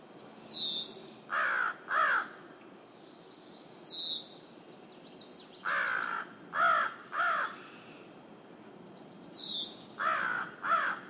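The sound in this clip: Crow cawing in short bursts of one to three harsh notes, with high twittering from another bird in between.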